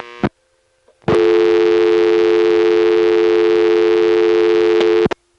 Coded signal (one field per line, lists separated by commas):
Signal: telephone call progress tone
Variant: North America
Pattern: dial tone